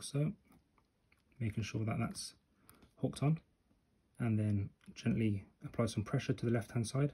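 A function keycap on a MacBook Pro A1706, A1707 or A1708 (2016–2018) laptop is being reinserted onto its key mechanism: the right-hand side is hooked on first, then gentle pressure is applied to the left-hand side while someone talks. Nothing has seated or clicked into place yet.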